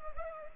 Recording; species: mosquito wingbeat signal from an infrared sensor; Culex pipiens